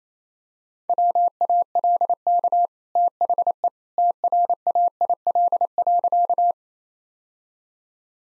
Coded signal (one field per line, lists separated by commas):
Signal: Morse code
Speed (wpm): 28 wpm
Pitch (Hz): 700 Hz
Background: none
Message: WALK THE TRAIL.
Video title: Easy Sentences with Hints - 28wpm